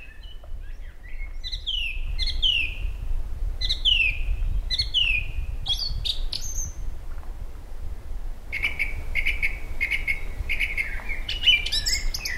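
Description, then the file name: Eurasian blackbird delivering a series of falling whistled notes, then a dense, scratchy twittering passage, against a continuous low rumble. "Koltrast"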